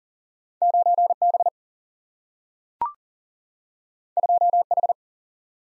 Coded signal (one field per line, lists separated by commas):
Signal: Morse code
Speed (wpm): 40 wpm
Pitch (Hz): 700 Hz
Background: none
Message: 9B 2H